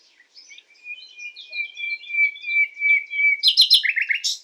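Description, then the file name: Common nightingale song: a long steady whistle held for nearly three seconds under soft scattered notes, ending in a loud rapid series of pulsed trills. "Luscinia megarhynchos"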